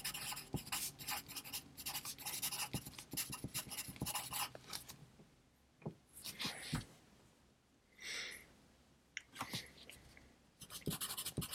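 Pencil writing fills the first five seconds, a dense, busy scratching broken by quick taps. After that it thins to isolated clicks and short strokes, with a longer bright scrape near eight seconds and a cluster of sharp clicks at the end over a faint hiss.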